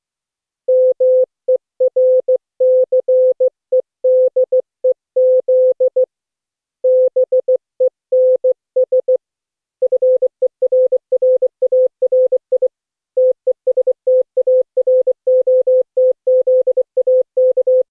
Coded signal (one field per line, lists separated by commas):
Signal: Morse code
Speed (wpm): 16 wpm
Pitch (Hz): 510 Hz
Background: none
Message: MERCEDEZ BENS FERRARI TESTAROTZAK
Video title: Daily Minutes, December 21, 2015, without the Contestia.